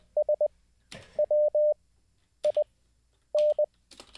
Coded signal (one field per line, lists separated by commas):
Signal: Morse code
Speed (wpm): 20 wpm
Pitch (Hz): 600 Hz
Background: none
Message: SWIN